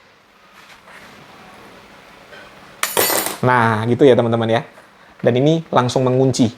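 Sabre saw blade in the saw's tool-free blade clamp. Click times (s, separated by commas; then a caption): 2.8 s. A Bosch GSA18V-Li cordless brushless sabre saw has its tool-free blade clamp turned anticlockwise by hand. It snaps open with a sharp click at 2.8 s, followed by a metallic clink as the metal saw blade releases from the clamp on its own. Someone talks after the click.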